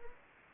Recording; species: mosquito wingbeat signal from an infrared sensor; Anopheles gambiae